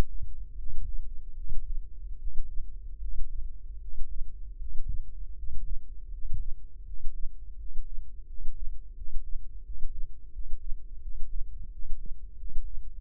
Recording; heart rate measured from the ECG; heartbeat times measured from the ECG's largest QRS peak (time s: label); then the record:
heart sounds by microphone in the left ear; 82 bpm
0.57 s: heartbeat
1.35 s: heartbeat
2.18 s: heartbeat
2.99 s: heartbeat
3.79 s: heartbeat
4.58 s: heartbeat
5.35 s: heartbeat
6.09 s: heartbeat
6.84 s: heartbeat
7.56 s: heartbeat
8.26 s: heartbeat
8.94 s: heartbeat
9.62 s: heartbeat
10.31 s: heartbeat
11.00 s: heartbeat
11.70 s: heartbeat
12.36 s: heartbeat
13.01 s: heartbeat
From the record:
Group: healthy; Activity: breath hold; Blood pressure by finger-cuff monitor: 116/78 mmHg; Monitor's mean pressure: 85 mmHg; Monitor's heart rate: 79 bpm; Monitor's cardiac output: 6.5 L/min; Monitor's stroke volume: 83 mL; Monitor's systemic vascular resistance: 980 dyn s/cm5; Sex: male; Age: 23 years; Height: 179 cm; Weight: 87 kg